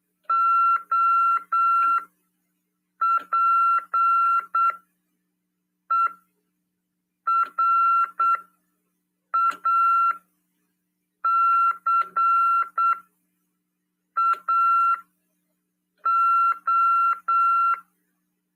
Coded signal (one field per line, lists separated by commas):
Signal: Morse code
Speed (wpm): 8 wpm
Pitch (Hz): 1360 Hz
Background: none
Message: OPERACAO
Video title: RADIOAMADOR "TVCRASP" 1ªED. 25/8/2022 "SETEMBRO: CW, COM. RODADA e LEGISLAÇÃO" PY2EXU PAULO SP/SP